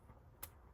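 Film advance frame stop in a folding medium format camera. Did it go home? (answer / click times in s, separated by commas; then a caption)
yes / 0.4 s. After the frame stop is missed, the film advance on a Mamiya 6 V folding medium format camera keeps being wound until the frame counter stop catches. A single small, sharp click at 0.4 s marks the frame stop engaging and seating.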